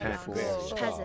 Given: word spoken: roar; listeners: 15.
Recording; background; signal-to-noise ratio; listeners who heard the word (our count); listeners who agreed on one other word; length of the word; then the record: one English word in noise, from a listening test; four-talker babble; -3.0 dB; 0 of 15; 10 of 15; 0.65 s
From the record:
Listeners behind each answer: 10, 1, 1, 1, 1, 1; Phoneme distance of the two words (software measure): 41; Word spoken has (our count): 1 syllable, 2 phonemes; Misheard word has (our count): 2 syllables, 5 phonemes, stress on syllable 1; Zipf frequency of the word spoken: 4.13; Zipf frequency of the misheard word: 3.43